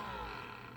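A plastic nozzle adapter is being pushed back into its onboard storage slot on the body of a Ryobi One+ 18V P738 High Volume Power Inflator after the inflator has been run. Only a steady, tonal low hum with layered harmonics is heard, fading slightly over the 0.8 seconds, with no sharp hits. Nothing has seated or clicked yet.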